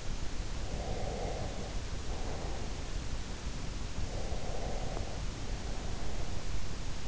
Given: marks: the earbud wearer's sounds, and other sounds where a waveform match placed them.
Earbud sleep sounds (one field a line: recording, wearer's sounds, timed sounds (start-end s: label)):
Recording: sounds in sleep by an in-ear microphone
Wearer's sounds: breath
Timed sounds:
0.76-2.75 s: breath
4.03-6.48 s: breath